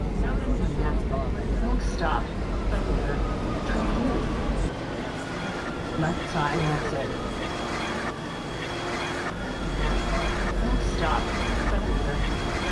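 A Rome metro ride: a steady low rumble of the train runs throughout, with a thin whine above and scattered voices talking over it.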